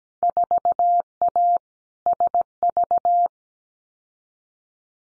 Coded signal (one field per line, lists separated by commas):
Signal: Morse code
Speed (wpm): 17 wpm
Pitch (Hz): 700 Hz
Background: none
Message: 4A SV